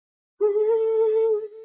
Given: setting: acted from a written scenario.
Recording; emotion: vocal sound without words; fear